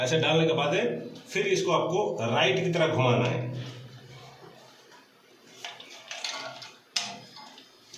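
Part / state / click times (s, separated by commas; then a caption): plastic flush valve fitting into toilet flush tank / seated / 7.0 s. A plastic flush valve fitting is pushed into its seat in a toilet flush tank and turned to the right until it locks. Someone talks, then a few light knocks and scrapes follow, and a sharp click at 6.97 s marks the part twist-locking into place.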